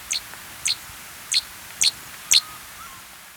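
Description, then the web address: Sparkling violetear calling, five sharp, high, descending chip notes spaced about half a second apart, with a faint background hiss. Ecuador. "Natures Songs S America Birds of Ecuador. Sparkling Violetear"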